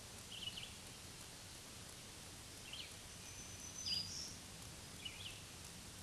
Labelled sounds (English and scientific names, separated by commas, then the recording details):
Black-throated Green Warbler (Setophaga virens) song
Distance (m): 35 m
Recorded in a Pennsylvania forest on 1 June 2023 at 07:02
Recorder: AudioMoth, point grid3_32_high
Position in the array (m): 124 m, 112 m